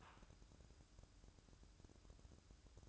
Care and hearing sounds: daily activity, microphone in the room; take from stove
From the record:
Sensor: 2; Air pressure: 1007.8 hPa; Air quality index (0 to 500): 102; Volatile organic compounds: 1 ppm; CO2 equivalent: 765 ppm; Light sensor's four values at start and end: 6/15/6/6 and 6/15/6/6

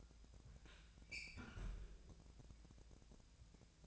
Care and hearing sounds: daily activity, microphone in the room; close fridge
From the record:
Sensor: 2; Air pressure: 999.8 hPa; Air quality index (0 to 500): 124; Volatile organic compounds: 2 ppm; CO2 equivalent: 1058 ppm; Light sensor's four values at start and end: 25/63/27/30 and 25/63/27/30

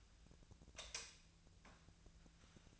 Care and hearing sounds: daily activity, microphone in the room; light off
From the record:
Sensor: 2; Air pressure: 1009.6 hPa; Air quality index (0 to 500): 180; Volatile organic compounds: 10 ppm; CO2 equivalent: 2243 ppm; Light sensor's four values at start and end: 32/85/36/38 and 27/66/29/32

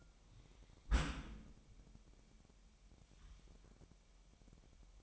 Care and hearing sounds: daily activity, microphone in the room; close dishwasher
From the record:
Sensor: 1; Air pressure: 998.4 hPa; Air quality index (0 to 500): 136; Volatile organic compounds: 4 ppm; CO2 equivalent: 1626 ppm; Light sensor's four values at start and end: 17/58/23/24 and 17/58/23/24

